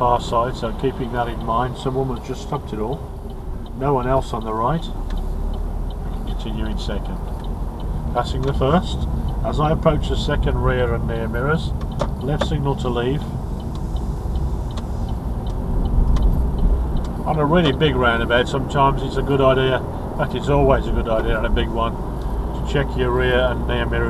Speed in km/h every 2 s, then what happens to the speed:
18, 15, 13, 16, 19, 21, 18, 15, 24, 31, 34, 35.
8-14 steady at about 18. 14-24 speeds up to 35.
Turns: 7-14.